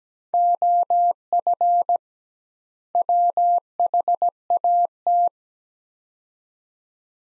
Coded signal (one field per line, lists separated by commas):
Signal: Morse code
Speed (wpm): 17 wpm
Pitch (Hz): 700 Hz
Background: none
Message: OF WHAT